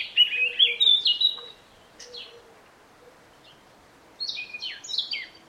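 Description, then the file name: Eurasian blackcap song: a short run of bright, scratchy warbled notes, a pause, then another quick twittering phrase. "Sylvia atricapilla"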